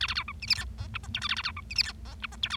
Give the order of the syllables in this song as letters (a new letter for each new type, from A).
A A B C D E F G H I J K A A B C D E F G H I J K